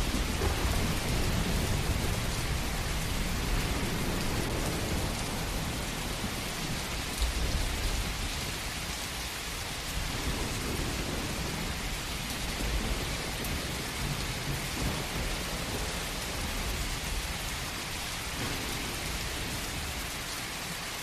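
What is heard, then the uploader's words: Heavy rain pours down in a dense, unbroken hiss, bright and close, with a low rumble of thunder rolling underneath through the first half. The rumble swells around seven seconds, then eases, leaving steady rain that stays loud to the end. 1 Hour Of Heavy Rain & Thunder Sounds For Deep Sleep.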